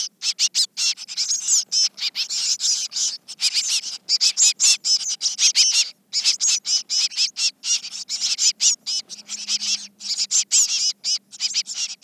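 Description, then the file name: Eurasian blue tit calls, a nearly continuous stream of sharp, high-pitched chirping notes, densely repeated with only brief gaps throughout. "Cyanistes caeruleus"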